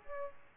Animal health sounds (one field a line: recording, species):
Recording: mosquito wingbeat signal from an infrared sensor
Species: Aedes aegypti